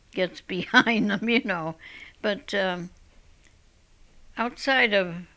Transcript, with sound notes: gets behind them, you know? ( she laughs ) But, uh, outside of